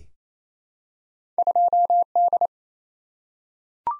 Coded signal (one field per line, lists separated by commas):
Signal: Morse code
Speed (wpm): 28 wpm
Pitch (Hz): 700 Hz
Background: none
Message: 2D